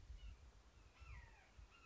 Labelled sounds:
Red-shouldered Hawk
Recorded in Sonoma County, California

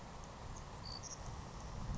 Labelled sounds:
Savannah Sparrow
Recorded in Sonoma County, California

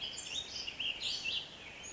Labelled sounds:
Ash-throated Flycatcher
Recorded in Sonoma County, California

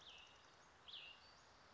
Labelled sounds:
Western Flycatcher
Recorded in Sonoma County, California

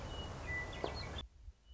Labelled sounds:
Western Meadowlark
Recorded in Sonoma County, California

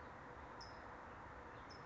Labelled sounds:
California Towhee
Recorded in Sonoma County, California

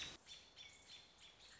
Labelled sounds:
American Robin
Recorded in Sonoma County, California

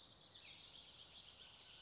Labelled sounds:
Bullock's Oriole
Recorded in Sonoma County, California

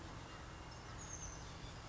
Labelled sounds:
Oak Titmouse
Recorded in Sonoma County, California

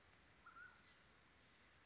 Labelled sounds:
Chestnut-backed Chickadee
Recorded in Sonoma County, California

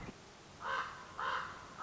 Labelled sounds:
Common Raven
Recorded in Sonoma County, California

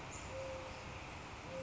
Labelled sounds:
Mourning Dove
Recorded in Sonoma County, California

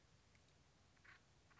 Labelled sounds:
Acorn Woodpecker
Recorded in Sonoma County, California

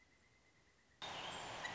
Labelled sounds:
Pileated Woodpecker
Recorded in Sonoma County, California

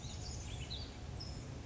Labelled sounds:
California Towhee
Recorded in Sonoma County, California

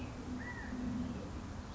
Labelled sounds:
California Quail
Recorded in Sonoma County, California

